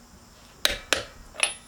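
A click-type torque wrench set to 130 ft-lb tightens a lug nut on a Jeep Wrangler Rubicon 392 wheel until it breaks over with sharp metallic clicks at 0.7 s and 0.9 s, followed by a softer clink at about 1.4 s. The lug nut is confirmed torqued to the setting.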